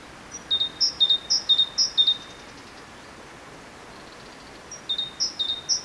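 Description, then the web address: Great tit song, two short strophes of high repeated two-note phrases with a quiet gap between, steady faint hiss throughout. "SETE data Parus major"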